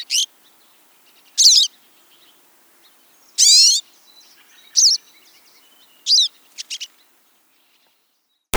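Pine siskin calls: a handful of short, high chirps and one longer falling, twangy sweep, spaced irregularly over several seconds against a quiet background.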